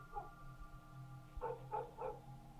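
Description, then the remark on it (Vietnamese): Village dogs bark in the night: one short bark, a pause, then three quick, mid-pitched barks in a row over a low, steady background hum. No one speaks. “Một lát khi trời về khuya, chẳng hiểu làm sao, chó ở trong làng cứ thế sủa cả lên.”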